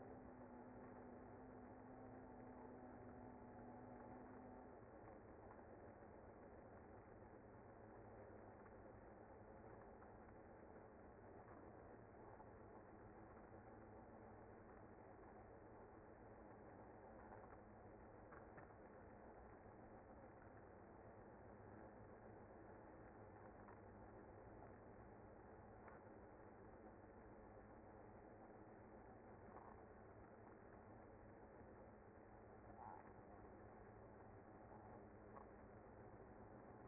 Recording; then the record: honeybee colony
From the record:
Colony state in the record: active